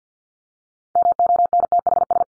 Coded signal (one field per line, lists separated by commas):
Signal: Morse code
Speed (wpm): 50 wpm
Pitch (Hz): 700 Hz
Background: none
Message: MONTHS